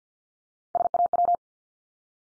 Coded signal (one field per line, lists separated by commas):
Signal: Morse code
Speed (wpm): 50 wpm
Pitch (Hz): 700 Hz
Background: none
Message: SAW